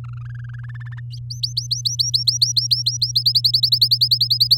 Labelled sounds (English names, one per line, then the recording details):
Domestic Canary song
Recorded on 8 May 2018 at 15:42
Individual llb16